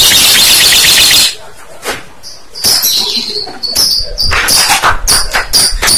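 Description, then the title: Bird song: a loud harsh buzzy burst, then sharp high chips and short whistled notes repeated irregularly over a noisy, crackling background. Used for training birds. "MASTERAN BURUNG 2"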